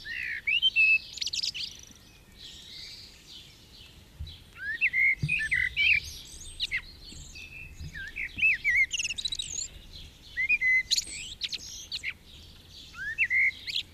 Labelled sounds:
Common Blackbird (Turdus merula) song

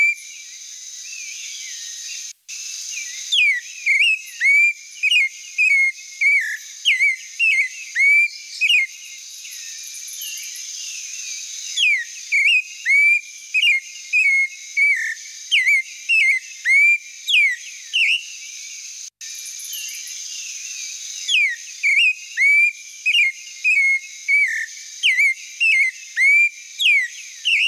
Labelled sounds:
Clay-colored Thrush (Turdus grayi) song

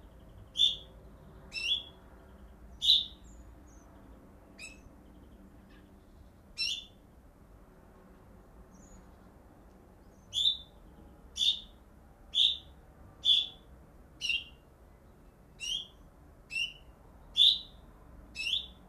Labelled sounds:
Common Chaffinch (Fringilla coelebs) call

